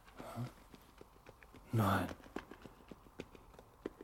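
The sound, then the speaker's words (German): Horse hooves clip-clop on a road in a steady, even rhythm of sharp knocks, broken midway by a brief spoken word and a short, loud breathy burst. “Ein Hobbit-Pony oder ein Pferd?”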